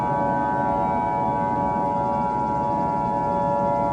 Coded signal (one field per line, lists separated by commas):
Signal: Emergency Alert System (SAME) tones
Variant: 853 and 960 Hz attention tone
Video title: Cyrus The Vampire III: The Final Alert (An EAS Scenario)